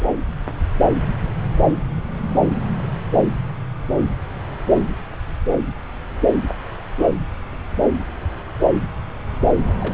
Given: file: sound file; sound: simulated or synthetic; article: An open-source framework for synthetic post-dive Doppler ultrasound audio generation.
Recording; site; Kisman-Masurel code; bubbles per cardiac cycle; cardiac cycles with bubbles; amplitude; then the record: Doppler ultrasound audio after a dive; subclavian; 211; several, 3–8; 1–10%; barely perceptible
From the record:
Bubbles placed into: full cardiac cycles